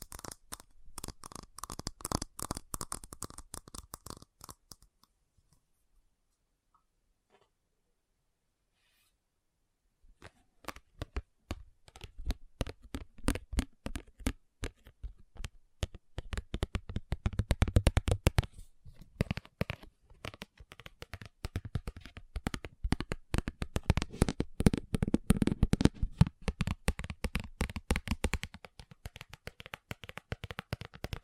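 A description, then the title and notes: Rapid tapping fills the clip, a dense, quick run of small clicks. It plays for about five seconds, stops for five seconds of silence, then returns louder and busier, with heavier, fuller knocks around 17 and 25 seconds. ASMR Fast Tapping for Intense Tingles (No Talking).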